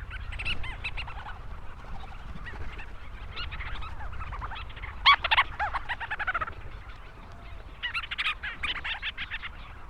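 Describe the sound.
Leach's storm petrel calls, quick stuttering chatters of sharp notes repeated in several bursts, some louder and closer together, with a low background hum.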